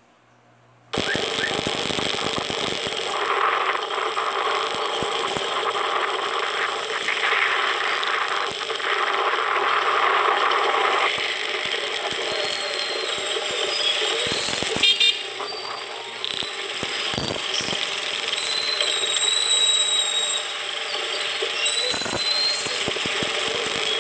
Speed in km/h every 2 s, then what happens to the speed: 25, 25, 26, 27, 26, 21, 18, 16, 12, 8, 7, 8.
0-7 steady at about 25. 7-18 slows to 8. 18-24 steady at about 8.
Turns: none.